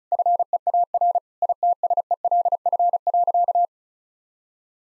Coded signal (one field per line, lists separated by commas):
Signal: Morse code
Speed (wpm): 34 wpm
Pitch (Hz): 700 Hz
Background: none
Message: FEAR ITSELF.